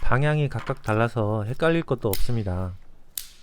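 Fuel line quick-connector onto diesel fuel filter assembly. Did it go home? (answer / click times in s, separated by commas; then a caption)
yes / 3.2 s. Someone talks while a fuel supply line quick-connector is pushed onto a new diesel fuel filter assembly on an All New K7 2.2 diesel R engine. A single sharp, loud click is heard at 3.2 s, and the connector is seated.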